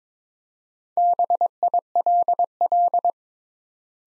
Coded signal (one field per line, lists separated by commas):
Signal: Morse code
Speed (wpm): 22 wpm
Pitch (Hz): 700 Hz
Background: none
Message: BILL